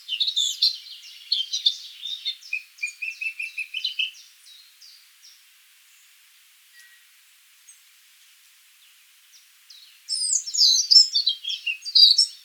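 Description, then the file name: Eurasian blackcap: a warbled phrase with a short trill, several seconds of near silence, then a second loud scratchy warble. "Sylvia atricapilla"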